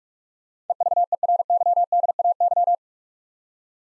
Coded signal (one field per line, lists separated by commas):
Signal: Morse code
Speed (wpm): 46 wpm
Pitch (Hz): 700 Hz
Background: none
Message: EVERYDAY